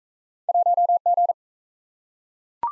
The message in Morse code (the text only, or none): 1G